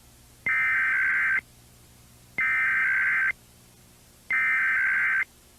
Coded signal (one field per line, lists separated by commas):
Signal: Emergency Alert System (SAME) tones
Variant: header bursts